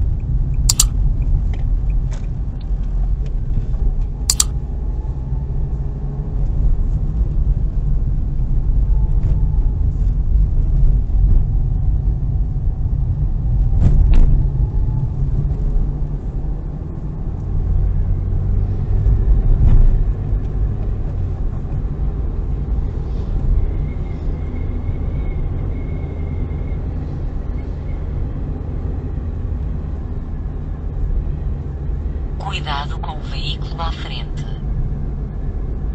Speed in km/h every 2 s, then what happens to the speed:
30, 31, 37, 36, 37, 33, 23, 36, 49, 55, 56, 59, 59, 61, 59, 56, 54, 52.
0-4 speeds up to 37. 4-9 steady at about 37. 9-13 brakes to 23. 13-22 speeds up to 59. 22-27 steady at about 59. 27-36 slows to 52.